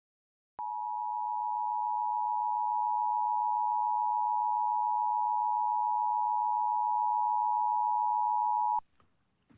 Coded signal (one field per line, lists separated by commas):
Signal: Emergency Alert System (SAME) tones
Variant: 853 and 960 Hz attention tone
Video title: Severe Thunderstorm Warning on KAZD-TV (EAS #633) (4/8/24)